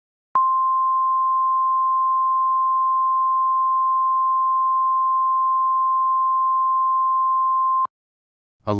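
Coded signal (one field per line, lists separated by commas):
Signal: Emergency Alert System (SAME) tones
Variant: 1050 Hz attention tone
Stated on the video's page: Fictional EAS scenario.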